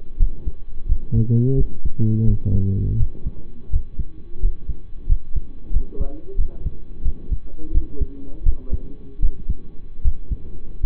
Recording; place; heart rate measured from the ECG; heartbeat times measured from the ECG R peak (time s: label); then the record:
heart sounds by stethoscope; between the tricuspid and mitral areas; 85 bpm
0.16 s: heartbeat
0.86 s: heartbeat
1.55 s: heartbeat
2.24 s: heartbeat
2.97 s: heartbeat
3.70 s: heartbeat
4.39 s: heartbeat
5.06 s: heartbeat
5.71 s: heartbeat
6.36 s: heartbeat
7.02 s: heartbeat
7.71 s: heartbeat
8.43 s: heartbeat
9.20 s: heartbeat
10.02 s: heartbeat
10.80 s: heartbeat
From the record:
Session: rest, lying down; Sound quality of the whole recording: partially saturated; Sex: male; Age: 25 years